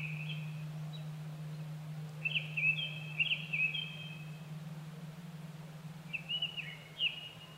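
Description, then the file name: Japanese thrush giving rich whistled phrases of several linked notes, two main bursts a few seconds apart, over a steady low-pitched hum. Recorded 25 April 2010 at 18:00. "kurotugumi-20100425-1800"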